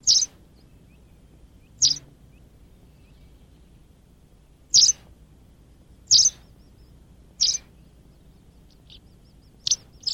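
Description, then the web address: White wagtail calls: sharp, high, clipped notes given singly at uneven intervals, with near silence between them. "canti ballerinabianca. uccellini"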